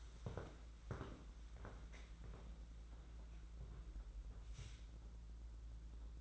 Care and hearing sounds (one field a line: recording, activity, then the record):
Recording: daily activity, microphone in the room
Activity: walk to room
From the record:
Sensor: 3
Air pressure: 992.0 hPa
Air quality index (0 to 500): 225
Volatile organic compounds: 1000 ppm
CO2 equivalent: 7748 ppm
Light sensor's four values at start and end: 12/38/15/13 and 26/77/31/26